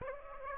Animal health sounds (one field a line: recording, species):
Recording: mosquito wingbeat signal from an infrared sensor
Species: Aedes aegypti